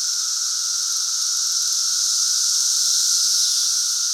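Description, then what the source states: Massed periodical cicadas producing a constant, even shrill drone with a lower steady tone beneath, no pauses. Great Southern Brood cicada emergence in 2024.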